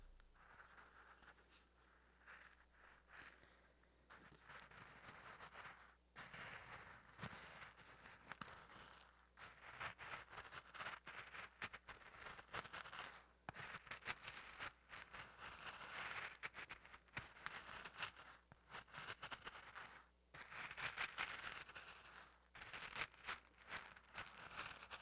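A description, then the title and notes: Busy scratching and tapping runs nearly nonstop, a dense crackle of small clicks and scrapes with brief pauses around 6, 13 and 20 seconds. The bursts flutter quickly in strength. Underneath sits a steady low hum. The majority of this episode is filled with tapping, scratching, flutters and more.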